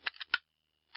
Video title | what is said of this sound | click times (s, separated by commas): Mighty Morphin Power Rangers Legacy Megazord UK Review | So when you hear the click, you know it's in place. | 0.3 s